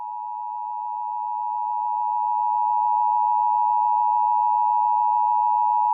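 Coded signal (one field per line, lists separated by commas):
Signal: Emergency Alert System (SAME) tones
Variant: 853 and 960 Hz attention tone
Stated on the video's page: Nationwide periodic test of the alert system on radio, issued by FEMA, the FCC and local authorities.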